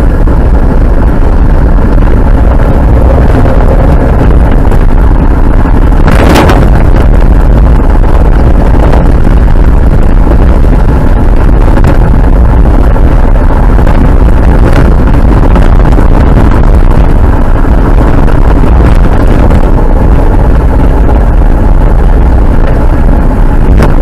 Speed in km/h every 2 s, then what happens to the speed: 55, 52, 55, 64, 61, 63, 67, 69, 66, 58, 57, 59.
2-14 speeds up to 69. 14-18 slows to 58. 18-24 steady at about 58.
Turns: none.